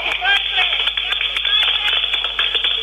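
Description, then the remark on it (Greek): A crowd in Thessaloniki claps for the visiting president, steadily and densely for about three seconds, the many overlapping claps blurring into a continuous, tinny, thin-sounding wash with voices mixed in underneath. “Παλαμάκια ήταν.”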